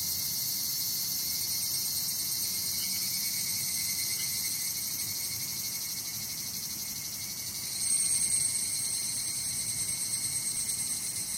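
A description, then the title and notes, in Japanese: Evening cicadas fill the air with a dense, steady, high-pitched shrill that holds without pause. Around the eighth second an insect swells louder for a moment before the chorus settles back. A faint low rumble sits underneath throughout. ひぐらしのなく頃。ただひぐらしは、もうちょっと落ち着きがあって良かったので、ひぐらしを録ってみました。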